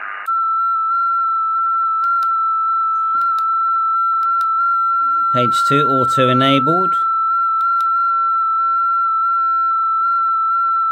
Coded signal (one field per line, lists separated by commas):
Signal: FT8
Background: speech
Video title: R1CBU - FT8 Transmit & Decode X6100 , 2025